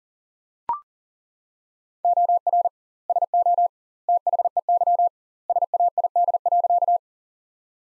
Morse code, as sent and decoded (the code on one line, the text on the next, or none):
--- .-. / ... --- / - .... . -.-- / ... .- .. -.. .-.-.-
OR SO THEY SAID.